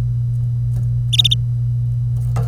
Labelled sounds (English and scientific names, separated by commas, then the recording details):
Domestic Canary (Serinus canaria) song
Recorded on 25 April 2018 at 08:35
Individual llb3